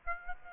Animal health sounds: mosquito wingbeat signal from an infrared sensor; Aedes aegypti

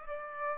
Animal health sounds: mosquito wingbeat signal from an infrared sensor; Aedes aegypti

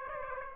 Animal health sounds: mosquito wingbeat signal from an infrared sensor; Aedes aegypti

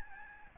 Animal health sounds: mosquito wingbeat signal from an infrared sensor; Aedes albopictus

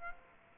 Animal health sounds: mosquito wingbeat signal from an infrared sensor; Aedes aegypti

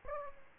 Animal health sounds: mosquito wingbeat signal from an infrared sensor; Aedes aegypti

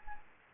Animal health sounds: mosquito wingbeat signal from an infrared sensor; Anopheles gambiae

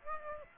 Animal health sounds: mosquito wingbeat signal from an infrared sensor; Aedes aegypti

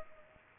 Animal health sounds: mosquito wingbeat signal from an infrared sensor; Culex pipiens

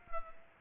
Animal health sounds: mosquito wingbeat signal from an infrared sensor; Culex pipiens

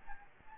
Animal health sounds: mosquito wingbeat signal from an infrared sensor; Aedes albopictus

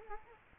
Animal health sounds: mosquito wingbeat signal from an infrared sensor; Culex quinquefasciatus

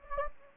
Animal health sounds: mosquito wingbeat signal from an infrared sensor; Anopheles gambiae

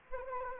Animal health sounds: mosquito wingbeat signal from an infrared sensor; Anopheles gambiae

